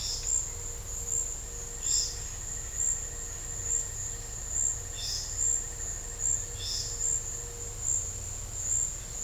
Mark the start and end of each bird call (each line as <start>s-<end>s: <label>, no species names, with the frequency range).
1.85s-2.19s: bird call (2.9-6.9 kHz)
4.96s-5.57s: bird call (2.3-6.1 kHz)
6.56s-6.90s: bird call (2.2-6.0 kHz)